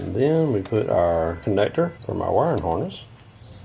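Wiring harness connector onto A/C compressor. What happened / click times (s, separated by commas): Handled, not yet home: wiring harness connector not yet clicked in / none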